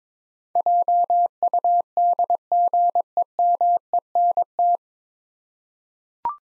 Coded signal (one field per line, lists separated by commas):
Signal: Morse code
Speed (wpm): 22 wpm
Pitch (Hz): 700 Hz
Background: none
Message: JUDGEMENT